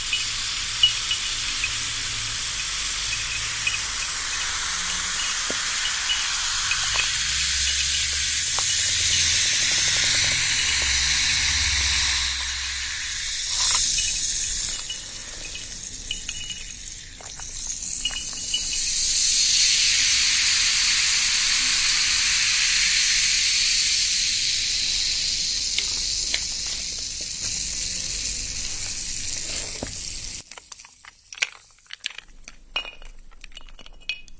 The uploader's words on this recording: The freshness of sparkling soda water.